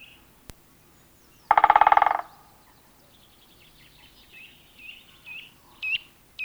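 Great spotted woodpecker drumming, one short fast roll of knocks, followed by several soft high chirps.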